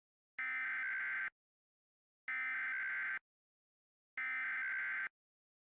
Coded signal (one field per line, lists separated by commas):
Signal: Emergency Alert System (SAME) tones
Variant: header bursts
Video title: EAS Mock - The Roach Invasion (Part 2)